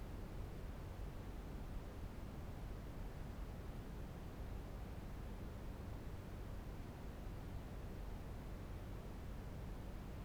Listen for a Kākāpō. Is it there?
no